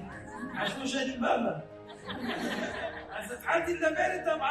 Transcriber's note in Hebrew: הקהל צוחק